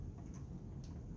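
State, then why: Not seated. A flow sensor is handled and pushed toward its port on a Dräger V500 ventilator housing, with two faint, short ticks at about 0.3 s and 0.8 s over a steady low background rumble. Nothing has seated or clicked into place yet.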